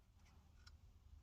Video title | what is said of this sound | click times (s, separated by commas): 09+ Hyundai Genesis Fog Lamp Switch Not Working! Easy Torque Spec D.i.y.Procedure #mechanic #diy | make sure the top clicks | 0.7 s